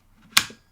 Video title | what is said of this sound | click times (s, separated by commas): Zhiyun Crane 3S - Unboxing & First Impressions | you're gonna slide this in and you can hear it snap right | 0.4 s